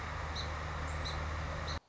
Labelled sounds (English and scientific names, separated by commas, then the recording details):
Song Sparrow (Melospiza melodia)
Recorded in Sonoma County, California